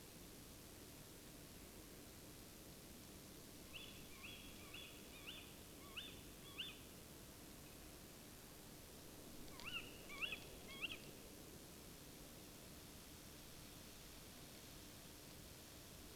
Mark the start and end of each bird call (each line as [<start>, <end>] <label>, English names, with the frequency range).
[3.62, 4.87] Tawny Owl (0.9-3.7 kHz)
[5.13, 5.42] Tawny Owl (1.1-4.1 kHz)
[5.82, 6.12] Tawny Owl (1.1-3.7 kHz)
[6.42, 6.72] Tawny Owl (0.9-3.9 kHz)
[9.50, 10.34] Tawny Owl (0.9-4.0 kHz)
[10.68, 10.96] Tawny Owl (1.0-4.4 kHz)